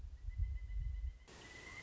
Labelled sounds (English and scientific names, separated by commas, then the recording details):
Pileated Woodpecker (Dryocopus pileatus)
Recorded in Sonoma County, California